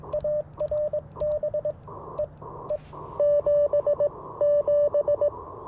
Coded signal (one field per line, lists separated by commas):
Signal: Morse code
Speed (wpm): 22 wpm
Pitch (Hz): 590 Hz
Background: radio noise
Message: ARB EE 77